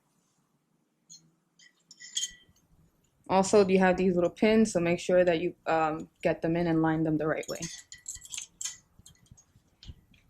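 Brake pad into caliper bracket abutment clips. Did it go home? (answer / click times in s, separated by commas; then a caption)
yes / 8.6 s. A front brake pad for a 2017-and-up Honda Civic is lined up with its little pins and pressed into the spring clips on the caliper bracket while someone talks. After the speech, light metallic taps and clinks lead to a sharp snap at 8.6 s as the pad seats in the clips.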